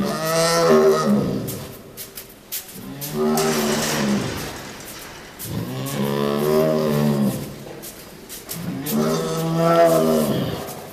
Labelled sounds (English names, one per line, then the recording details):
Tiger growling
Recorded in captivity
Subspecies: tigris
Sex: male
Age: adult
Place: Tierpark Berlin, Berlin, DE
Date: 1997-01-12 12:33
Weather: wolkig bis heiter, -5°C
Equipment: Nagra SN, Kopie Uher 4000 Report Monitor
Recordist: Tembrock, Günter